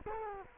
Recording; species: mosquito wingbeat signal from an infrared sensor; Culex quinquefasciatus